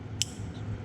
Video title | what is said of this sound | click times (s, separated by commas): holley wiring tips and donts | hear it click it'll open you'll see this for true okay this | 0.2 s